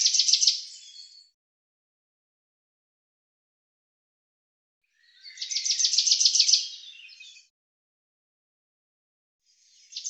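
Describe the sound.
Common chaffinch singing two phrases about five seconds apart, each a fast, rattling series of high notes ending in a brief flourish, with a third phrase starting.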